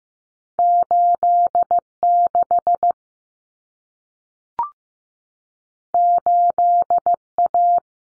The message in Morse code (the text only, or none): 86 8A